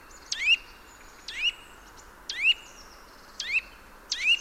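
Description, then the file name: Eurasian nuthatch calls, five loud sharp rising notes spaced by pauses, clear against quiet background hiss. "Sitta europaea"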